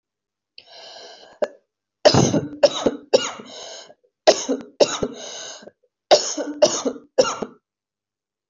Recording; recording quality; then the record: heavy voluntary cough; excellent, no background noise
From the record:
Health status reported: healthy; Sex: female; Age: 27 years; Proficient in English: yes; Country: India